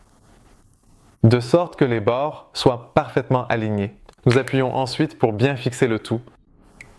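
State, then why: Not seated. The two plastic halves of a Ford smart key housing, set in a small rubber mat, are lined up so their edges align and then pressed together while someone talks. The clip ends before the halves snap shut, and nothing has seated or clicked yet.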